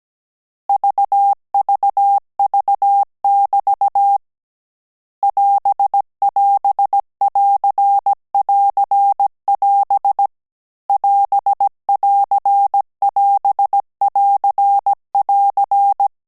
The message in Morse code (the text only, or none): VVV<BT> <AS><AS><AR><AR><AS> <AS><AR><AS><AR><AR>